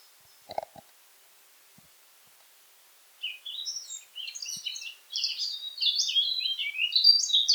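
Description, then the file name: Eurasian blackcap song: after a couple of dull knocks, a fast warble of bright, chattering notes that grows steadily louder. "Sylvia atricapilla"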